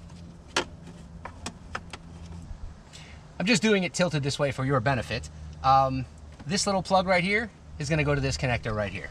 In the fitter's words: let's do that snap it into place make sure it clicks give it a little tug